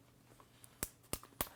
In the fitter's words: wonderful metal hinge that locks into any of its four positions with a very satisfying click